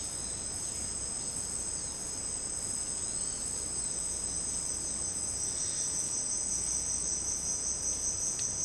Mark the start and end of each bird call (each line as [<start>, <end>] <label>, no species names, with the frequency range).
[0.00, 4.00] bird call (2.2-4.8 kHz)